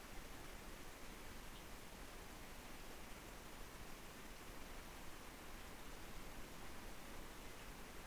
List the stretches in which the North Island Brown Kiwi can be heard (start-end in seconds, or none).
none